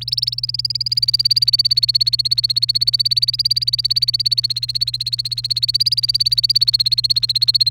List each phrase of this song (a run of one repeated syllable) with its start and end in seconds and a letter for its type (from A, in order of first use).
0.01-7.70 A